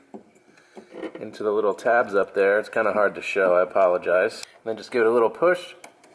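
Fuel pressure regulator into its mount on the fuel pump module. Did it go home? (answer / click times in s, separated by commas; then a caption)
no / none. A new fuel pressure regulator for a Neon SRT-4 is aligned with its tabs and pushed up into its mount on the fuel pump module, ready to be turned clockwise to twist-lock. Someone talks throughout, with faint handling knocks at 0.1 and 6.0 seconds. The clip ends before the turn, so nothing has seated or clicked yet.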